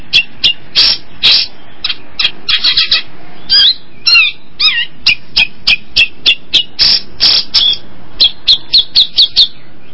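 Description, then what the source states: Long-tailed shrike in an energetic run of harsh chatter, slurred whistles and a steady rhythmic series of short clipped notes toward the end. Combination song.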